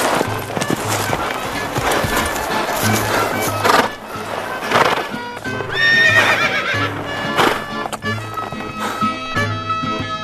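A horse gallops with a steady, rapid drumming of hooves while loud, high whinnies rise and quaver over the hoofbeats several times, against a continuous low hum.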